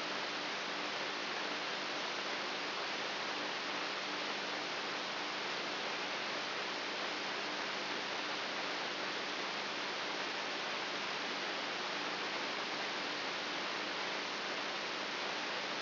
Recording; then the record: brain microelectrode recording played as sound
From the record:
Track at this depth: inside the subthalamic nucleus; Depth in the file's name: 1.04 mm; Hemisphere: right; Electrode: 3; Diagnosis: Parkinson's disease